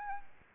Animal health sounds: mosquito wingbeat signal from an infrared sensor; Aedes albopictus

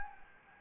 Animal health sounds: mosquito wingbeat signal from an infrared sensor; Anopheles gambiae

